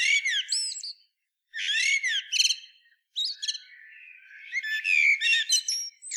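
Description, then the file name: Common blackbird uttering rapid chattering and squeaky twittered phrases in three quick bursts with brief gaps between them. "Turdus merula"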